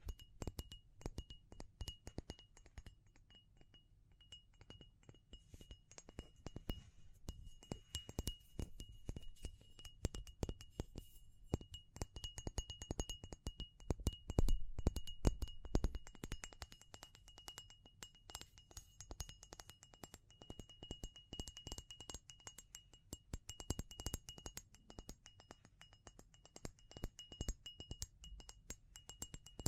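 Dense, rapid tapping and scratching clicks run throughout with irregular bursts, over a low rumble and a faint steady high tone.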